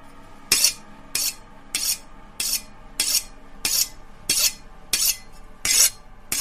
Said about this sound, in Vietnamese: Kỳ lạ, rõ ràng là tiếng mài dao mài lên lưỡi mà lại nghe cứ như là tiếng dao mài lên cái hòn đá mài, nghe đến giận cả người.